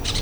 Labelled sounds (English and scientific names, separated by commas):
Brown-throated Parakeet (Eupsittula pertinax) contact call